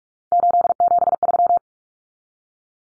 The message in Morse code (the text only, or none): 873